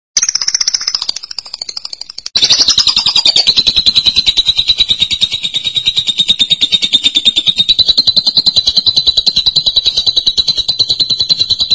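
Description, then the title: Lovebird giving a long, continuous, rapid chattering trill at a high pitch, broken by only a short dip near the start. "BM Suara Burung Lovebird"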